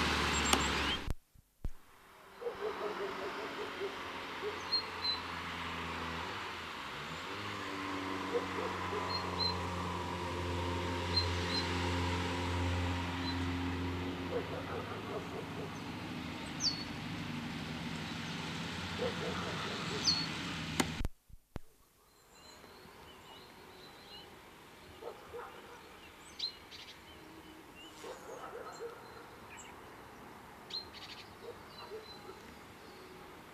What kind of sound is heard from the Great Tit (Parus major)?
call